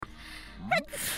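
A brief voiced rising "ah" leads into a sharp, hissy burst of air at the end, all within about a second. This is a single sneeze from an adult woman, an ordinary reflex with nothing unusual in its sound.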